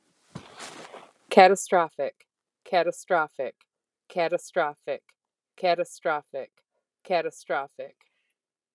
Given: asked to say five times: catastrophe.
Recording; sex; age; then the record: repeated word; female; 50 to 59 years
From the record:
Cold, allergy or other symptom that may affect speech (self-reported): no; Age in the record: 53 years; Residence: Arizona, United States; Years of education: 14